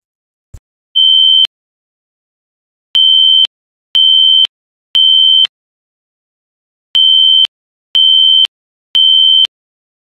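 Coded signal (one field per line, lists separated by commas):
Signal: alarm pattern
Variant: SpectrAlert Classic horn, synthesized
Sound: one high beep, then two sets of three half-second beeps with pauses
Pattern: 1 short, then temporal three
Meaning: Temporal-three pattern signals a fire alarm evacuation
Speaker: we now have the pattern of the sounds that we made of the Spectre alert Classics so now we can now go ahead and play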